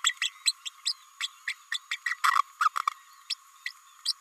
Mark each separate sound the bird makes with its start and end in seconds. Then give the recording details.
0.04-0.13, 0.21-0.29, 0.45-0.52, 0.65-0.69, 0.85-0.93, 1.20-1.28, 1.47-1.53, 1.72-1.79, 1.91-1.97, 2.06-2.17, 2.23-2.42, 2.60-2.69, 3.29-3.34, 3.65-3.72, 4.05-4.13. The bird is a female. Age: 29 days. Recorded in a nest box in Venezuela. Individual 17B32A5